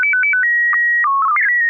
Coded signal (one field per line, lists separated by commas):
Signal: SSTV (slow-scan television)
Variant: PD 120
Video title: N6NA SSTV Net - 11/15/2023